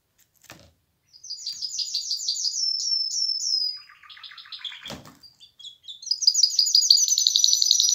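Canary song of fast repeated notes, a high trill falling away, a lower buzzy roll, then a bright rapid trill rising in loudness; a couple of soft clicks.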